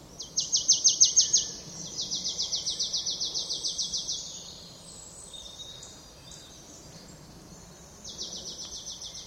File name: Poecile palustris